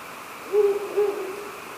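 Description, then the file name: Ural owl call made of two short low hoots about half a second apart, the second trailing off into a fading tail, with a soft steady hiss behind. "fukuro"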